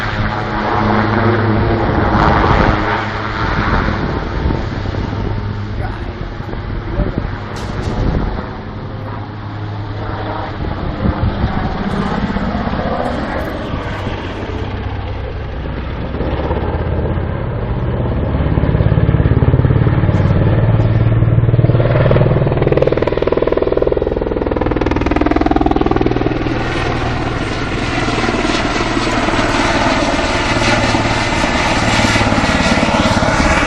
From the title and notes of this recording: Super Puma acrobatic in Dübendorf. Two practice runs for a life-sized Super Puma military aircraft doing acrobatics (death spirals, knife edge drops, stall turns, etc).